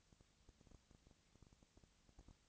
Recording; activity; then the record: daily activity, microphone in the room; no activity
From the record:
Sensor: 3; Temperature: 20.4 degrees Celsius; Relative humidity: 34.4%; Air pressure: 996.9 hPa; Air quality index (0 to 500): 205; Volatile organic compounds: 68 ppm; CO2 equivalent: 3498 ppm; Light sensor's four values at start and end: 2/3/2/2 and 2/3/2/2